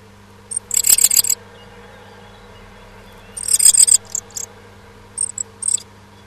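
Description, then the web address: Bird calls: two dense bursts of high, rapid, scratchy chirps about three seconds apart, then shorter chirps, with a constant low hum beneath. Recorded in a nest box on 15 May 2005. "nistkasten 20050515 1411"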